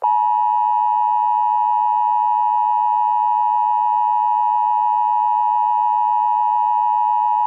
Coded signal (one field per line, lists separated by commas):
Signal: Emergency Alert System (SAME) tones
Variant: 853 and 960 Hz attention tone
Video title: (EAS #2) Red Flag Warning For My Area